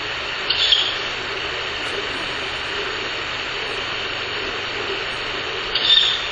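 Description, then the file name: Ural Owl chick giving two short, raspy hissing bursts, one near the start and one near the end, over a steady background hiss. Owl chick (owlet). "フクロウ雛 遠藤"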